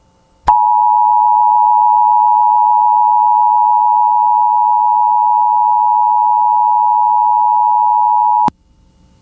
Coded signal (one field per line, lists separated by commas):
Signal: Emergency Alert System (SAME) tones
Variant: 853 and 960 Hz attention tone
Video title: (EAS #5) California SEVERE THUNDERSTORM WARNING on KALT-FM